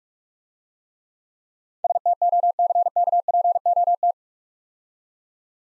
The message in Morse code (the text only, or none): STOCKPOT